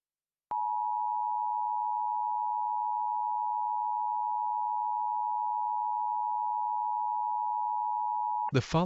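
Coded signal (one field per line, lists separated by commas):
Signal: Emergency Alert System (SAME) tones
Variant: 853 and 960 Hz attention tone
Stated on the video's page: Fictional EAS scenario about a supervolcano in Michigan.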